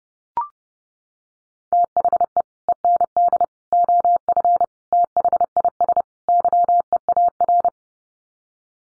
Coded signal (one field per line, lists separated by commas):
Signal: Morse code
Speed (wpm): 30 wpm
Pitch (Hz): 700 Hz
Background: none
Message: THE END OF THIS YEAR